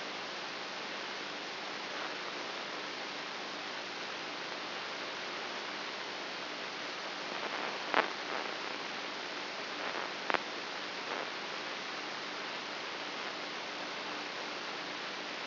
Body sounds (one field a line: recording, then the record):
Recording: brain microelectrode recording played as sound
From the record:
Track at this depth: inside the subthalamic nucleus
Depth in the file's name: 5.84 mm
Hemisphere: right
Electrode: 2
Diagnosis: Parkinson's disease